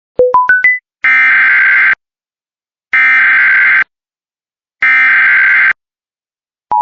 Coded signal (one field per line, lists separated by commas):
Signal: Emergency Alert System (SAME) tones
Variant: header bursts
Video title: Kentucky Civil Emergency Message for missing man (Six Seven included) (EAS 115)